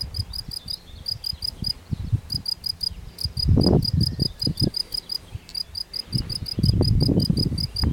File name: swierszcz polny. Krepa. Orzechowski R